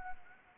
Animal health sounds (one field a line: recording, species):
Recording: mosquito wingbeat signal from an infrared sensor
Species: Anopheles arabiensis